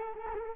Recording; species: mosquito wingbeat signal from an infrared sensor; Culex quinquefasciatus